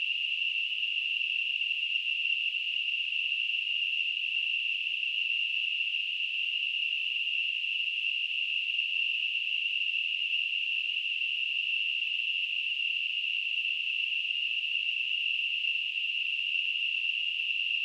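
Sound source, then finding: Device, simulated tinnitus sound. Tinnitus simulation.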